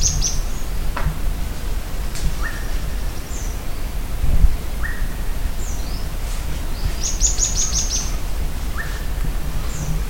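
Bird calls: scattered short, high, falling whistles and a brief rapid trill, over steady low rumbling noise.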